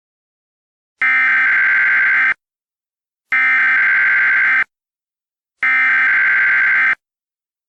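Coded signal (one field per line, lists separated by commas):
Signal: Emergency Alert System (SAME) tones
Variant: header bursts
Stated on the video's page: Fictional EAS scenario, simulated alert.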